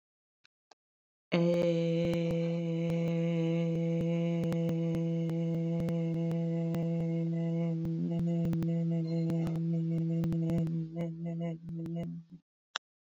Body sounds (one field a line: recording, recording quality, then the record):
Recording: sustained vowel as in made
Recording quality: excellent, no background noise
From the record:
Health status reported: healthy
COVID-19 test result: not tested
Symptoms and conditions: none ticked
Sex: female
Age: 54 years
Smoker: not ticked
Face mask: not worn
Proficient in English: yes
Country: France